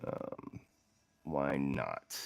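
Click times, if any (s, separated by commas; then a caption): none. A non-threaded gravity-feed paint cup is handled at the top of a 2025 Harder & Steenbeck Squidmar Ultra airbrush body while someone talks, with short bursts of speech and some faint handling noise between them. The cup has not yet seated or clicked into place when the clip ends.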